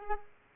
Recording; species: mosquito wingbeat signal from an infrared sensor; Culex quinquefasciatus